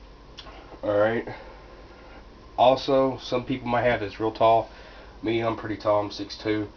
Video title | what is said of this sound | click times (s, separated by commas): ak47 issues | You'll hear it snap. | 0.4 s